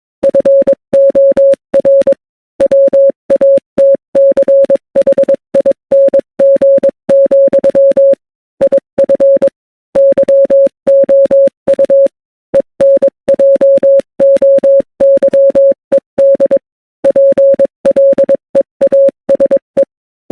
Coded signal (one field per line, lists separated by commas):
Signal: Morse code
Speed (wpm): 22 wpm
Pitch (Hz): 550 Hz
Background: none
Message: FOR WATCHING, IF YOU ENJOYED PLEASE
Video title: Some Good Roasts in Morse Code to use against bad people